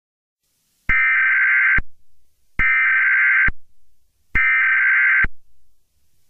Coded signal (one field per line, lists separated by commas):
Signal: Emergency Alert System (SAME) tones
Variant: header bursts